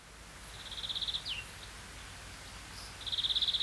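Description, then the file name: European greenfinch giving quiet rapid trills, a fast run of even notes, then a brief descending note, with a second trill near the end; faint background hiss. "Chloris chloris"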